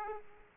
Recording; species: mosquito wingbeat signal from an infrared sensor; Aedes aegypti